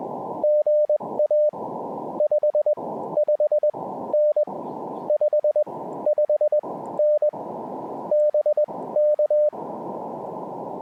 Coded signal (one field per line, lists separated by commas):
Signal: Morse code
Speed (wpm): 20 wpm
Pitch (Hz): 600 Hz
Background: radio noise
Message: GA 55N 55N BK